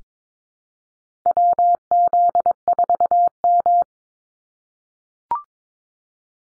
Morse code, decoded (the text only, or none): WZ4M